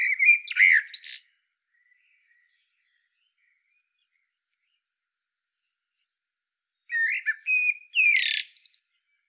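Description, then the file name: Common blackbird song: a rich whistled phrase with a twittering tail, a long quiet gap, then another fluted phrase ending in a high scratchy twitter. "Turdus merula"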